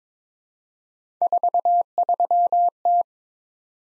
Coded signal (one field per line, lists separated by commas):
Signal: Morse code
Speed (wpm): 22 wpm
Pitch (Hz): 700 Hz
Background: none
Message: 43T